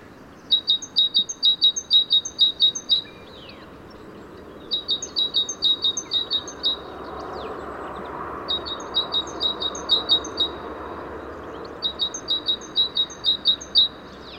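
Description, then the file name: Great tit repeating bursts of high, ringing two-note phrases, four series throughout with brief gaps, over continuous low background noise. "Parus major"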